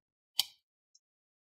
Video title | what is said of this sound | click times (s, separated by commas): How to Upgrade Storage SSD on Asus ROG G17 Laptop - G713Pi DS94 | and you can see we going to stop as soon as it makes that click sound | 0.4 s